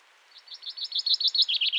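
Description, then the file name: Common chaffinch song: a rapid series of clear chirps, stepping gently downward and growing louder over under two seconds. "Fringilla coelebs"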